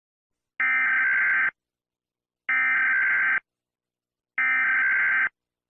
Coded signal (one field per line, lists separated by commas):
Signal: Emergency Alert System (SAME) tones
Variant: header bursts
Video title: EAS Scenario: Aurora Woods